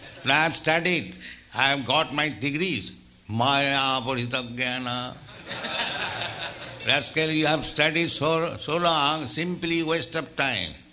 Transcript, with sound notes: "No, I have studied, I have got my degrees." "Māyayāpahṛta-jñāna. [laughter] Rascal, you have studied so long, simply waste of time.